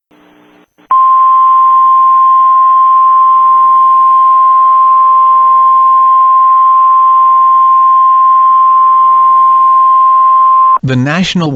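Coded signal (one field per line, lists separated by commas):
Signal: Emergency Alert System (SAME) tones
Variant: 1050 Hz attention tone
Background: speech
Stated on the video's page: Fictional EAS scenario.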